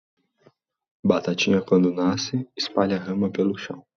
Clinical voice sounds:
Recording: short text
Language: Brazilian Portuguese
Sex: male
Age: 20 to 29 years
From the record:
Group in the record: control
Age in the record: 24 years

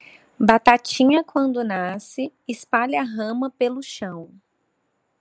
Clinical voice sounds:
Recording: short text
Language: Brazilian Portuguese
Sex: female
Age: 30 to 39 years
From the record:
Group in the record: control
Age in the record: 32 years

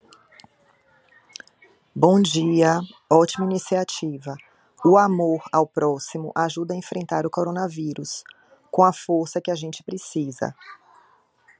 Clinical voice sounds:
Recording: spoken sentence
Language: Brazilian Portuguese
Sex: female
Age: 30 to 39 years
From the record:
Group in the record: control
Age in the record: 39 years

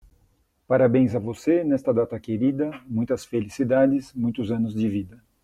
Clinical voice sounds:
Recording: short text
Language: Brazilian Portuguese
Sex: male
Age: 50 to 59 years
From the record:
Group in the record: control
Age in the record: 54 years

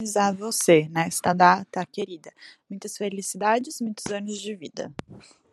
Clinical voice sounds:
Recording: short text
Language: Brazilian Portuguese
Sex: female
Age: 20 to 29 years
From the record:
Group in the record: control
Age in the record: 24 years

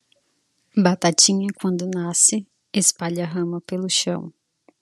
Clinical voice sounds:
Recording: short text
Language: Brazilian Portuguese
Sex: female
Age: 20 to 29 years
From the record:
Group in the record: control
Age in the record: 26 years

